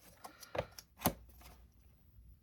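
An Eyoyo 22-inch security monitor is pushed onto its stand, with the monitor base going into the mount on the back of the monitor. A few light knocks and rattles lead up to one sharp, loud click at 1.1 s. The base is seated in place.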